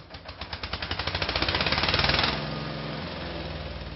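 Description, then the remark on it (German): Loud construction machinery at the building site for the planned Roots building, worked by Palestinian construction workers, hammers in rapid, regular pulses that speed up and intensify, then give way to a steady engine rumble and grinding. No one speaks. “An der sehr lauten Baustelle für das geplante Roots-Gebäude angekommen, entsteht eine Diskussion.”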